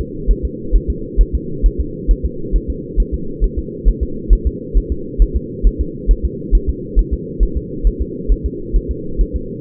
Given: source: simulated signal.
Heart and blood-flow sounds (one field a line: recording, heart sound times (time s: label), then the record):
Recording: fetal heart sounds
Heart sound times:
0.01 s: S2
0.31 s: S1
0.45 s: S2
0.76 s: S1
0.90 s: S2
1.21 s: S1
1.35 s: S2
1.66 s: S1
1.80 s: S2
2.11 s: S1
2.25 s: S2
2.56 s: S1
2.70 s: S2
3.00 s: S1
3.14 s: S2
3.44 s: S1
3.59 s: S2
3.88 s: S1
4.03 s: S2
4.33 s: S1
4.47 s: S2
4.77 s: S1
4.92 s: S2
5.22 s: S1
5.36 s: S2
5.67 s: S1
5.81 s: S2
6.11 s: S1
6.25 s: S2
6.55 s: S1
6.69 s: S2
6.99 s: S1
7.13 s: S2
7.43 s: S1
7.57 s: S2
7.87 s: S1
8.02 s: S2
8.32 s: S1
8.46 s: S2
8.76 s: S1
8.91 s: S2
9.21 s: S1
9.36 s: S2
From the record:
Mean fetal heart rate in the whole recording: 135 bpm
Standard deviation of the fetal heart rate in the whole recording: 3 bpm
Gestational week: 36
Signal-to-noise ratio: -4.3 dB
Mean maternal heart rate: 72 bpm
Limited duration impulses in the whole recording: absent